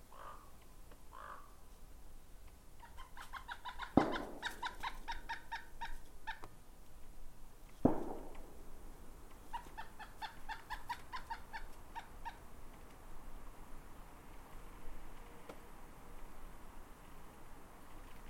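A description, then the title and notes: A rural soundscape recorded at home, where a crow gives several bursts of rapid, repeated caws, one run around four to seven seconds and another around ten to twelve. Two sharp knocks land near four and eight seconds, over a soft, steady hiss. Long duration soundscape recordings made at my home, a rural property 22 KM west of the village of South River, Ontario, Canada. Based on recordings made through the month of February.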